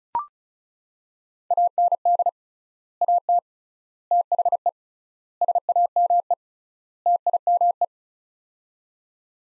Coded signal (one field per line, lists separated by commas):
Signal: Morse code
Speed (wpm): 34 wpm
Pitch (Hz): 700 Hz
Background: none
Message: AND AT THE SAME TIME